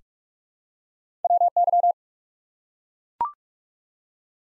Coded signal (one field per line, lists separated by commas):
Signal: Morse code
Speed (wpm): 44 wpm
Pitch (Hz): 700 Hz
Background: none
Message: WY